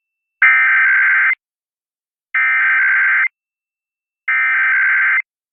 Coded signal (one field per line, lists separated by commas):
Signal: Emergency Alert System (SAME) tones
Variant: header bursts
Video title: [EAS #2698-#2701] Weekend Required Weekly Tests (9/08/23 - 9/10/23)